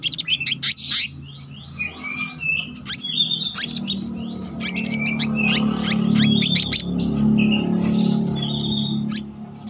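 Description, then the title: Selendang biru songbird pouring out rapid sharp notes and short level whistles, loud at first, then softer against a growing low droning background. Song in the continuous rolling style called gacor ngeroll, with isian (filler notes). "BURUNG SELENDANG BIRU GACOR NGEROLL ISIAN"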